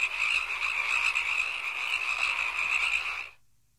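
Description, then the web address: Frog chorus: a thick wall of overlapping croaks that continues for over three seconds, then fades out abruptly. "animali rane rana frog"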